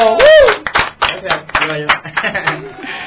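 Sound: studio applause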